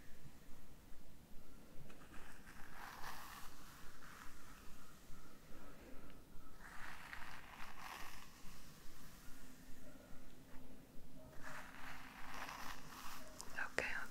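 Hair being brushed in steady, repeated strokes, each a soft scratchy swish arriving about twice a second. Brighter, denser bursts of rustling come around three, seven and twelve seconds, layered over a low constant rumble and a faint hum.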